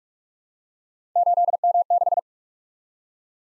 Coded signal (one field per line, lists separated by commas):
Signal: Morse code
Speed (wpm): 44 wpm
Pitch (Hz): 700 Hz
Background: none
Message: 8M6